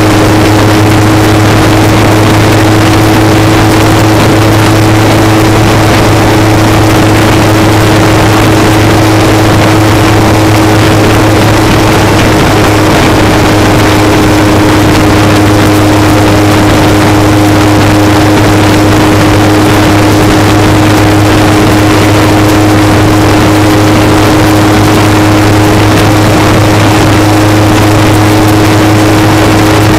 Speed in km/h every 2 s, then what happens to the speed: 114, 114, 114, 116, 116, 116, 111, 111, 111, 111, 111, 111, 111, 113, 114.
0-30 steady at about 113.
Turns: none.